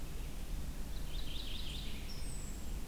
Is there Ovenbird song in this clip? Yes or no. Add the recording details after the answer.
no. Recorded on 23 June 2016 at 06:14. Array SBT-6-76